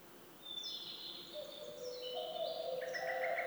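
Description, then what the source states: Mixed birdsong: high, piercing whistles and twittering phrases build up, with a low, sustained tone growing louder toward the end. Woodland birdsong.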